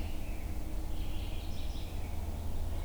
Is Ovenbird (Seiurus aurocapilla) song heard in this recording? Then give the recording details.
no. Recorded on 22 June 2016 at 07:38. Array SBT-6-76